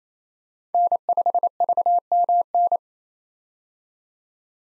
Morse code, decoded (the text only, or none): N5VMN